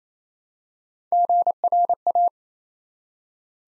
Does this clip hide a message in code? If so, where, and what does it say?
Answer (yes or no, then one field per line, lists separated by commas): yes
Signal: Morse code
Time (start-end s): 1.1-2.3 s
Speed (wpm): 27 wpm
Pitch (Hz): 700 Hz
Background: none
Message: GRA